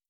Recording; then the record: hydrophone in a shrimp aquaculture tank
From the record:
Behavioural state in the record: starved